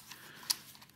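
A part is fitted onto the plastic body of a Philips Series 3000 S3122 wet-and-dry electric shaver and clicks on with one sharp snap at 0.5 s. A few faint ticks come before and after it against a quiet background. The part is seated.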